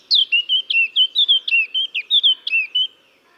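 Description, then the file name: Eurasian blackcap song: a loud, rapid series of clear, fluty whistled notes, each swooping slightly, many in quick succession. "Sylvia atricapilla"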